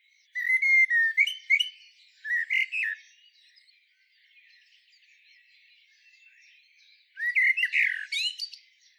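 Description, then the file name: Common blackbird song: mellow fluted warbles, each ending in thin squeaky twitters, a few phrases, the last after a pause of several seconds. "Turdus merula"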